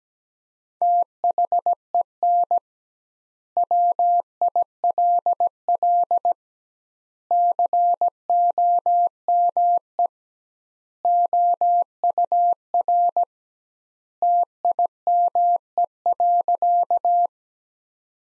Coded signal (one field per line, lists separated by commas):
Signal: Morse code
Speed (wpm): 17 wpm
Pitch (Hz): 700 Hz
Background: none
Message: THEN WILL COME OUR TIME.